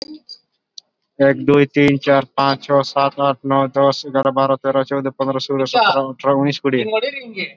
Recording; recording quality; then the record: counting at a fast pace; moderate, slight background noise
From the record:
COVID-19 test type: RT-PCR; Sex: male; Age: 18 years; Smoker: no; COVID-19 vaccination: both doses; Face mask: worn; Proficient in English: yes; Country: India